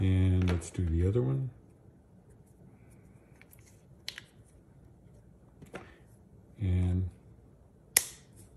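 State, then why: Seated. A printed plastic doll leg is pushed into its hip socket, and after some quiet handling taps it seats with a loud, sharp pop at 8.0 s. Someone talks at the start and again briefly just before the pop.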